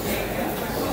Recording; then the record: background sound without coughing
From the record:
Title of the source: 40 min - Ambience sounds UNIVERSITY lunchroom chatting